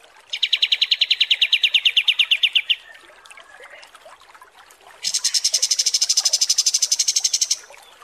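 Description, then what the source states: Kapas tembak song: two long rapid trills, the first lower and pulsed, the second higher and buzzier, separated by a quiet gap. Masteran (tutor song) for training cage birds, described as mewah (luxurious).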